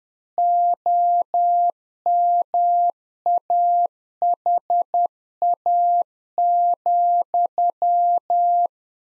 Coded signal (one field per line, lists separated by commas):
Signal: Morse code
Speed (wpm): 10 wpm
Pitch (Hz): 700 Hz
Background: none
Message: OMAHA,